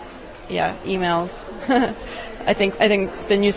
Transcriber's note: laughs